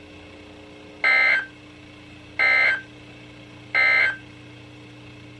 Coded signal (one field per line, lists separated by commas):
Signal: Emergency Alert System (SAME) tones